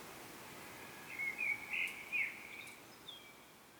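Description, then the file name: Common blackbird uttering one brief, quiet warbled phrase of a few quick rising and falling notes, then near silence. "Turdus merula"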